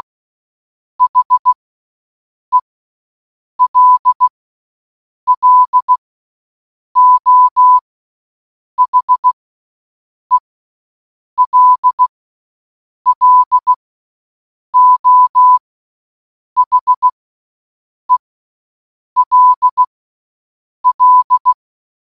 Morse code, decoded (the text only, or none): HELLO HELLO HELL